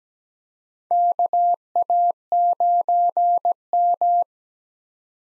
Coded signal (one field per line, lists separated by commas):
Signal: Morse code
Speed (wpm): 17 wpm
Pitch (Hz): 700 Hz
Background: none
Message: KA9M